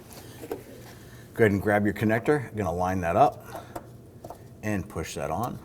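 An electrical connector is lined up and pushed onto the fuel pump module of a 2008-2011 Ford Focus 2.0L L4 while someone talks. A few faint handling knocks and taps occur at about 0.1, 0.5, 3.8 and 4.3 seconds. The connector has not clicked or seated yet when the clip ends.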